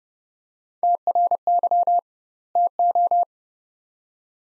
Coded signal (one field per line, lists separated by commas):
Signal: Morse code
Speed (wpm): 29 wpm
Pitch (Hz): 700 Hz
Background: none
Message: TRY TO